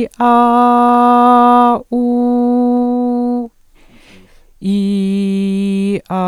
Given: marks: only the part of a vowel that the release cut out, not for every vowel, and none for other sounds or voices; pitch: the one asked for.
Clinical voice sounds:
sustained vowels; female; 50 to 59 years
0.40-0.97 s: vowel /a/, high pitch
2.05-3.32 s: vowel /u/, high pitch
4.92-5.79 s: vowel /i/, low pitch
From the record:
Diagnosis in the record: dysphonia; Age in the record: 56 years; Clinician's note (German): Funktionelle Dsyphonie

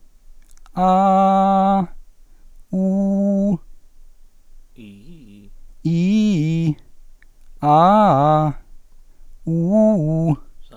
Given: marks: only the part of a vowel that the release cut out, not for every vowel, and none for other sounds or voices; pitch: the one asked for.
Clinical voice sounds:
sustained vowels; male; 20 to 29 years
0.84-1.63 s: vowel /a/, normal pitch
2.79-3.48 s: vowel /u/, normal pitch
5.89-6.68 s: vowel /i/, low-high-low pitch
7.67-8.34 s: vowel /a/, low-high-low pitch
9.51-10.30 s: vowel /u/, low-high-low pitch
From the record:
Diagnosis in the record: healthy voice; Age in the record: 21 years

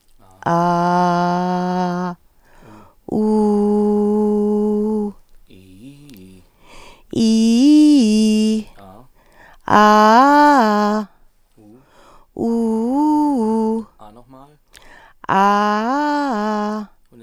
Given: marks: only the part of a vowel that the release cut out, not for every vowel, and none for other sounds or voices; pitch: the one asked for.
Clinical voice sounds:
sustained vowels; female; 40 to 49 years
0.61-2.02 s: vowel /a/, low pitch
3.27-5.04 s: vowel /u/, low pitch
7.18-8.54 s: vowel /i/, low-high-low pitch
12.41-13.76 s: vowel /u/, low-high-low pitch
15.34-16.77 s: vowel /a/, low-high-low pitch
From the record:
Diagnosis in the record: recurrent laryngeal nerve paralysis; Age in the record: 40 years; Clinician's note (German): Idiopathische mit sehr breiter glottischer Insuffizienz

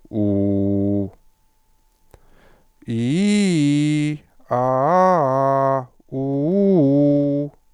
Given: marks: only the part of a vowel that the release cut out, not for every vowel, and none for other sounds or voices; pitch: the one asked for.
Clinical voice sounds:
sustained vowels; male; 40 to 49 years
0.26-1.00 s: vowel /u/, low pitch
3.00-4.08 s: vowel /i/, low-high-low pitch
4.60-5.74 s: vowel /a/, low-high-low pitch
6.24-7.41 s: vowel /u/, low-high-low pitch
From the record:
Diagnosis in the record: stuttering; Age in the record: 45 years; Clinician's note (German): Stroboskopischer Normalbefund

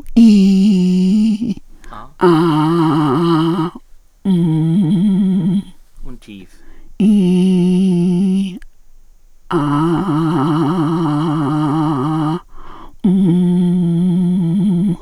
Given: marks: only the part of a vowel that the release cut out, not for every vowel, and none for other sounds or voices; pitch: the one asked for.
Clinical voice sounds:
sustained vowels; female; 50 to 59 years
0.28-1.09 s: vowel /i/, high pitch
2.29-3.47 s: vowel /a/, high pitch
4.35-4.96 s: vowel /u/, high pitch
7.09-8.40 s: vowel /i/, low pitch
11.35-12.14 s: vowel /a/, low pitch
13.13-14.48 s: vowel /u/, low pitch
From the record:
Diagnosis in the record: hypernasality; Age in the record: 55 years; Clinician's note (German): Ausgeprägt, mit Gaumensegelparese links, Synechie vordere Kommissur, subglottische Stenose

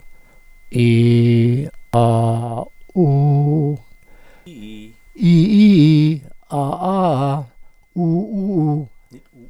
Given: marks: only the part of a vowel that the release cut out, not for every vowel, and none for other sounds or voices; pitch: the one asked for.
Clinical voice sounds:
sustained vowels; male; 70 to 79 years
0.82-1.54 s: vowel /i/, low pitch
1.97-2.49 s: vowel /a/, low pitch
3.00-3.69 s: vowel /u/, low pitch
5.27-6.08 s: vowel /i/, low-high-low pitch
6.58-7.33 s: vowel /a/, low-high-low pitch
8.01-8.74 s: vowel /u/, low-high-low pitch
From the record:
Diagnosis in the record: hypopharyngeal tumor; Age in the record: 71 years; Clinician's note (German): Verdacht auf Hypopharynxtumor li, Stimmlippen weißlich, o.B.

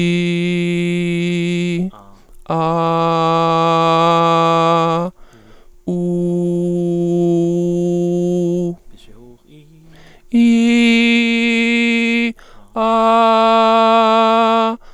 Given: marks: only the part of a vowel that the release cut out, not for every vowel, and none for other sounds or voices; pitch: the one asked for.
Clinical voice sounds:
sustained vowels; male; 30 to 39 years
0.00-1.65 s: vowel /i/, normal pitch
2.75-4.69 s: vowel /a/, normal pitch
6.16-8.07 s: vowel /u/, normal pitch
10.42-12.19 s: vowel /i/, high pitch
12.88-14.65 s: vowel /a/, high pitch
From the record:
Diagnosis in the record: mutational falsetto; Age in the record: 33 years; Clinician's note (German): Persistierend, wobei auffallende Diskrepanz zwischen spontaner Sprechstimme und stroboskopischem Bild (o.B.), hier deutlich tiefere Lage

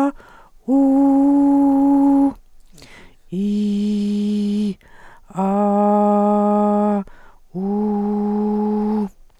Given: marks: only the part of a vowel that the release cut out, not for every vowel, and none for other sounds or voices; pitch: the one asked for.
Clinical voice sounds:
sustained vowels; female; 50 to 59 years
0.76-1.62 s: vowel /u/, high pitch
3.45-4.66 s: vowel /i/, low pitch
5.55-6.91 s: vowel /a/, low pitch
7.61-8.97 s: vowel /u/, low pitch
From the record:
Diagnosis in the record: recurrent laryngeal nerve paralysis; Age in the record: 50 years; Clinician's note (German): Frische strumiprive links, ohne Kompensation

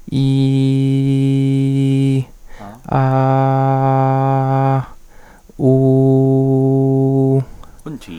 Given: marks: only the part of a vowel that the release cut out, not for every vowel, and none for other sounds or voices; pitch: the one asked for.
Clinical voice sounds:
sustained vowels; male; 20 to 29 years
0.24-2.07 s: vowel /i/, high pitch
2.97-4.72 s: vowel /a/, high pitch
5.78-7.31 s: vowel /u/, high pitch
From the record:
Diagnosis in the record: stuttering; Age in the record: 23 years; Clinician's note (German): Leichte Diplophonie

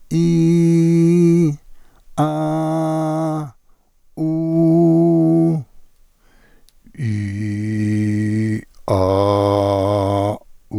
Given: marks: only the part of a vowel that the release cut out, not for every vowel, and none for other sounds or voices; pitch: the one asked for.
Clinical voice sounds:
sustained vowels; male; 70 to 79 years
0.39-1.34 s: vowel /i/, high pitch
2.42-3.26 s: vowel /a/, high pitch
4.61-5.46 s: vowel /u/, high pitch
7.51-8.51 s: vowel /i/, low pitch
9.01-10.25 s: vowel /a/, low pitch
From the record:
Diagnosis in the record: contact pachydermia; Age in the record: 76 years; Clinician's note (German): Kontaktpachydermie ohne "Kontaktpachydermie" mit hypotonem Schwingungsbild

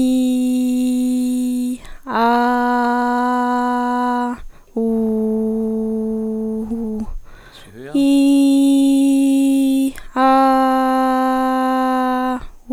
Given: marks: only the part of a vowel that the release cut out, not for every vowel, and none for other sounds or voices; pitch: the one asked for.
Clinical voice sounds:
sustained vowels; female; 20 to 29 years
0.00-1.38 s: vowel /i/, normal pitch
2.40-4.13 s: vowel /a/, normal pitch
4.87-6.55 s: vowel /u/, normal pitch
8.14-9.53 s: vowel /i/, high pitch
10.49-12.21 s: vowel /a/, high pitch
From the record:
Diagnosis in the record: recurrent laryngeal nerve paralysis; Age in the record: 21 years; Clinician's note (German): Strumiprive links mit beginnender Kompensation

